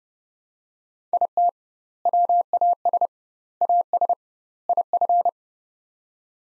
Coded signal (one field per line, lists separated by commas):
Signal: Morse code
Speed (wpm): 30 wpm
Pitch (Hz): 700 Hz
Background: none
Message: IT WAS AS IF